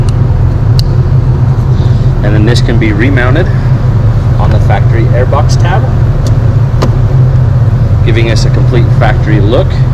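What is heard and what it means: A red plastic connector position-assurance safety clip on a harness connector for a Pulsar LT install on a 2019–2021 GM 5.3 and 6.2 gas engine is pushed closed with a sharp snap at 0.8 s. The clip is seated, and someone then talks over a steady low engine-like hum.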